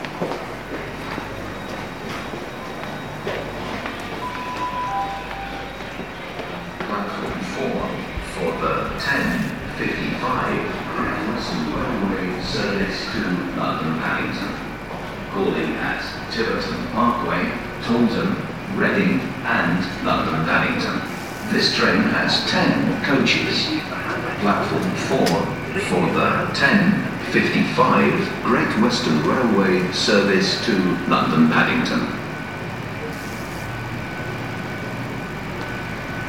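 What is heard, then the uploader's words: Passengers arriving and departing at Exeter St David's Railway Station, with a steady murmur of overlapping voices and chatter throughout. A low rumble runs underneath, and sharp clicks and knocks break through now and then. The crowd noise swells from about fifteen seconds and eases after thirty-two. Exeter St David's Railway Station. Passengers arriving and departing on their railway journeys in the west country.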